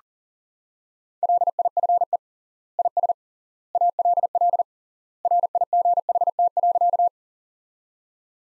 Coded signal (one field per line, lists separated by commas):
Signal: Morse code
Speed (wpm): 37 wpm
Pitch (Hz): 700 Hz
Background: none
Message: LIFE IS ALL RIGHT.